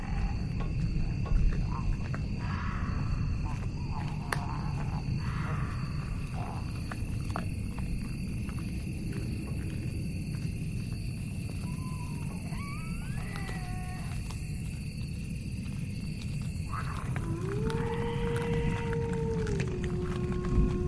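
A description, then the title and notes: A dark village ambience built on a steady, dense low rumble that never lets up. Faint high sustained tones hang over it, while short wavering calls drift in around 12–14 seconds and a lower sliding moan rises near 17–20 seconds. Lost in the dark village Asmr ambience.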